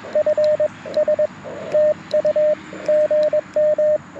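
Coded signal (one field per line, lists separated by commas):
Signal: Morse code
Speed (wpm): 21 wpm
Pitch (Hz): 590 Hz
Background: radio noise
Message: FS TU GM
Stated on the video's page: QRP Morse from a Parks on the Air activation on a Mountain Topper MTR4B with Bamatech paddles, ATU-10 tuner and PackTenna random wire.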